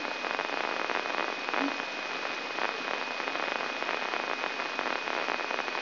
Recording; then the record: brain microelectrode recording played as sound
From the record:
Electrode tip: inside the subthalamic nucleus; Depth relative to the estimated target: -3 mm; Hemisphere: left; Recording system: AlphaMap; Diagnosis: Parkinson's disease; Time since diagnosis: 24 years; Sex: male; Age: 67 years